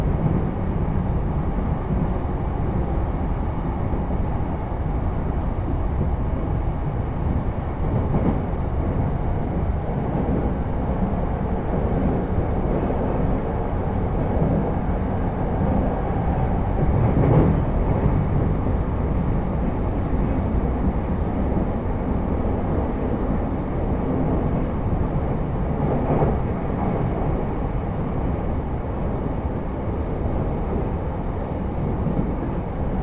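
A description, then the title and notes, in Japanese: A train ride on the Sotetsu through-line, heard as a steady low rumble and roar of the carriage in motion. The level stays even throughout, with brief clatters around 8, 17 and 26 seconds over the constant running noise. 耳で楽しむ鉄道旅 武蔵小杉→二俣川→大和。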